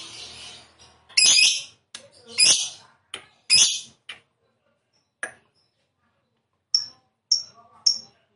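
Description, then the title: Lovebird calls: three loud, raspy, shrill bursts and some softer ones, a pause, then three thin, sharp, high chirps about half a second apart. Lovebird described as a 'fighter' type that is 'gacor', singing prolifically and continuously. "Berkat SUARA Lovebird FIGHTER GACOR Ini"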